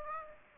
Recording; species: mosquito wingbeat signal from an infrared sensor; Aedes aegypti